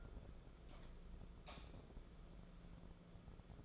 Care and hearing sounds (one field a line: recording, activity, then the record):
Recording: daily activity, microphone in the room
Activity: light on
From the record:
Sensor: 5